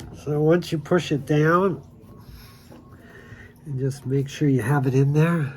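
A pliable rubber gasket is pressed into the last spot, the dimple, of a La Pavoni espresso machine boiler cap element while someone talks. Faint handling sounds sit beneath the speech, and nothing has seated or clicked yet.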